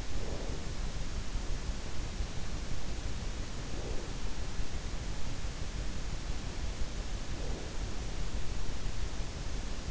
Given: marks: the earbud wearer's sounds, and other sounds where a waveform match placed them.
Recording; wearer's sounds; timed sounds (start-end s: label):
sounds in sleep by an in-ear microphone; breath
0.00-0.77 s: breath
3.62-4.46 s: breath
7.14-8.04 s: breath